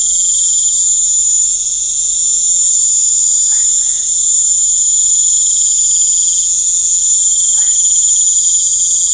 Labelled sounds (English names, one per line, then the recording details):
none
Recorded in pastures near Puerto Asís, Putumayo, Colombia, on 20 December 2024 at 19:00
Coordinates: 0.496, -76.326
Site G004